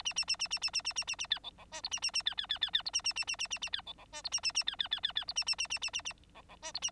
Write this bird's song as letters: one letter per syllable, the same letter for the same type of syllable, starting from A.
A A A A A A A A A A A B C C D E A A A B B B B B E A A A A A A A B C C D E A A A B B B B B E A A A A A A A C C D E A